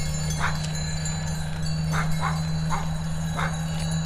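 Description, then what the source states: Sheep ruminating, with several soft grinding crunches at uneven intervals and a constant low droning hum underneath. Sheep ruminating; field recording in a green meadow at Caldas de São Paulo, Oliveira do Hospital.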